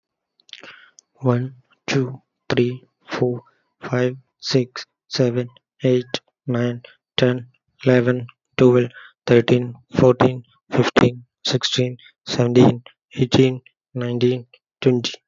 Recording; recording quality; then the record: counting at a normal pace; excellent, no background noise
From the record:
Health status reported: healthy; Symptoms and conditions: none ticked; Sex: male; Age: 30 years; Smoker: yes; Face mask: not worn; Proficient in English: yes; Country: India